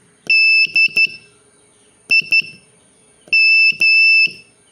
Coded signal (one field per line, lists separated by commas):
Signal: Morse code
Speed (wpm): 12 wpm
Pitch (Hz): 2650 Hz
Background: none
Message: DIM